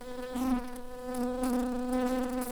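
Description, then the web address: Shrill carder bee buzzing, a steady low hum with rich harmonics that swells and fades slightly over two and a half seconds, with no other clear sounds. Worker bees. "Sylvarum workers"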